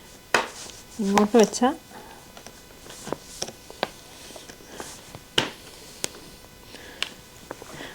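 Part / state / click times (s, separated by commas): plastic component fitting onto carpet cleaner body / seated / 5.4 s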